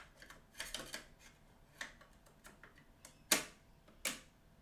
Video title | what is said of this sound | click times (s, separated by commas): I have internet, let's unbox this transformers 3D Printer! | clicks in so I know it's a bit hard to see but if I do that that's gone go | 3.3 s